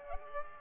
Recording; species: mosquito wingbeat signal from an infrared sensor; Culex pipiens